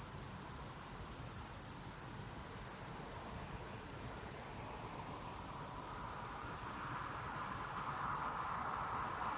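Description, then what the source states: Crickets chirping in a very high, rapid pulsing trill that runs almost nonstop, breaking off briefly several times. Crickets at sunset.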